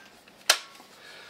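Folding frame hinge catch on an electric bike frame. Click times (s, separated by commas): 0.5 s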